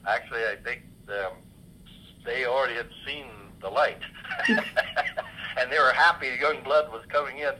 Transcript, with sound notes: Actually I think they already had seen the light. (laughs) And they were happy young blood was coming in.